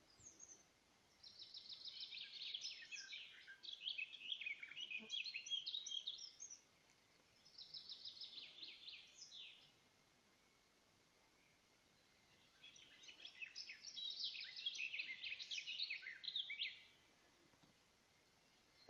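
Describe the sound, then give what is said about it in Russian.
A nightingale sings three rich, varied phrases of high, rapid trills and whistles, separated by short pauses, among tall pines and birches once the wind has dropped, with no voices or other sounds around it. “Наступила тишина, ветер кончился, и все стоит, замерло все, и слушает вместе с нами соловья.”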